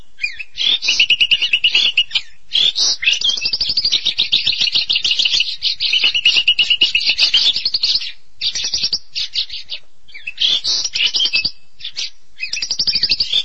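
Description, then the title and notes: Starling song, a long, busy stream of rapid rattles, chatter and high squeaky notes, with a few short breaks. "suara burung jalak"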